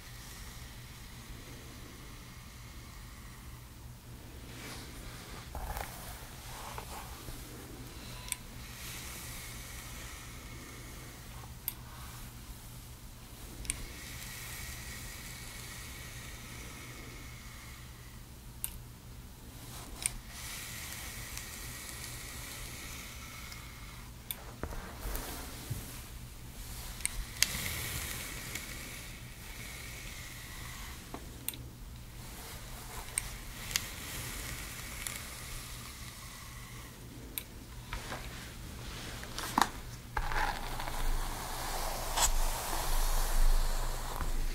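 Hair styling with a steady low hum underneath, soft brushing strokes repeating every few seconds, scattered sharp clicks, and a louder rustling stretch near the end.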